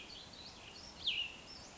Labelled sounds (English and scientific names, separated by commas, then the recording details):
Cassin's Vireo (Vireo cassinii)
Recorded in Sonoma County, California